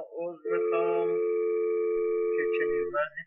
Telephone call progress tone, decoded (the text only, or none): dial tone